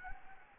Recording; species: mosquito wingbeat signal from an infrared sensor; Anopheles gambiae